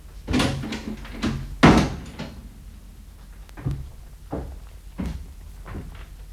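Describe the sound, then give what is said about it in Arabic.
A door is swung shut with a cluster of wooden knocks and one heavy thud, followed by a few softer clicks and taps as it settles, with no voices. “دعي العاشقين وحدهما واغلقي دونهما الباب.”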